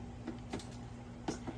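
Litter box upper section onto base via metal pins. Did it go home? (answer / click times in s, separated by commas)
no / none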